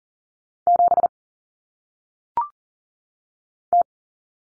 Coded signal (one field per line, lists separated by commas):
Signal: Morse code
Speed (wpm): 40 wpm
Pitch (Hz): 700 Hz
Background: none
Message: 7 T